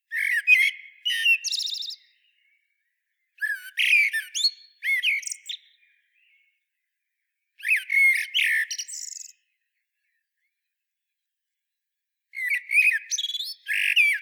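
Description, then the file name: Eurasian blackbird singing several busy twittering, squeaky phrases separated by pauses. "Turdus merula"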